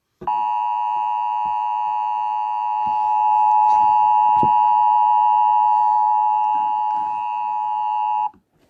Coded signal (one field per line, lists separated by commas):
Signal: Emergency Alert System (SAME) tones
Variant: 853 and 960 Hz attention tone